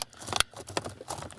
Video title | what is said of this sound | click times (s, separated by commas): [HW: HowTo] - disassemble Toshiba C850 (Change thermal paste / Cleaning fan) | You hear this clicking sound. | 0.4 s, 0.8 s